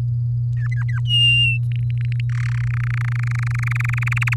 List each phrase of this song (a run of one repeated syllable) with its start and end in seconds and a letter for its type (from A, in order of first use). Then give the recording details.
0.57-1.00 A, 1.05-1.58 B, 1.72-2.20 C, 2.29-2.62 D, 2.63-4.34 E. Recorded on 8 May 2018 at 14:24. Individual llb16